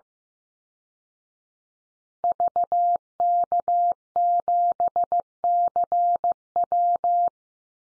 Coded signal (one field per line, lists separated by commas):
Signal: Morse code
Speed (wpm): 15 wpm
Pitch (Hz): 700 Hz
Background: none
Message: VK7CW